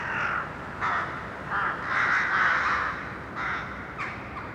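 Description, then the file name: Crows giving loud, hoarse caws in quick, uneven succession, one long drawn-out call in the middle, over background noise. Urban crows. "Detunized - Urban Crows"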